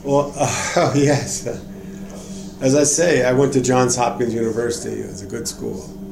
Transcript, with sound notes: Well, oh yes, [chuckle] as I said, I worked Johns Hopkins University, it was a good school.